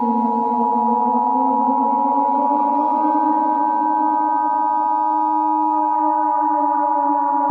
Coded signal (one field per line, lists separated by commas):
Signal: Emergency Alert System (SAME) tones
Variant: 853 and 960 Hz attention tone